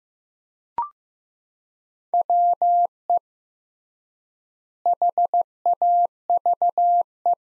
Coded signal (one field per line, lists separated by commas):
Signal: Morse code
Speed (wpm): 15 wpm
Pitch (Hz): 700 Hz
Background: none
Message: WE HAVE